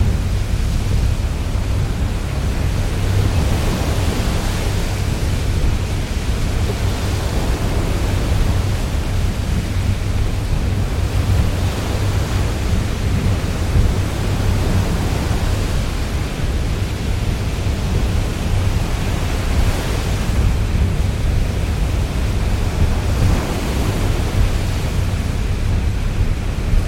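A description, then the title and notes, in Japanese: A stormy sea with a howling gale and rain pounding against a steel ship's hull. The roar is dense and constant, heavy in the low end with a deep rumble, while brighter gusts swell and fade every few seconds without any pause. 荒れ狂う北大西洋と闘う頼もしい貨物タンカーに乗り込んでください。風速70-80ノットという驚異的な速さで吹き荒れ、鋼鉄の船体に雨が容赦なく打ち付けます。嵐の海。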